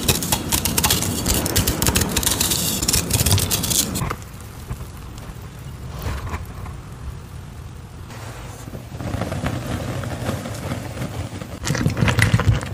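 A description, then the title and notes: Thick paste is stirred and scraped, with dense, rough scraping and wet churning loud for the first four seconds. It then drops to a quieter, lower rumble with softer scrapes, building again near the end into bright scraping bursts around eleven to twelve seconds. Restock Prep, Paste Mixing, Filling Molds w/ Electric Purple Confetti Mix.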